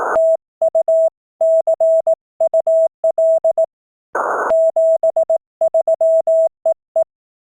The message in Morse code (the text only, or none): TU CUL 73 EE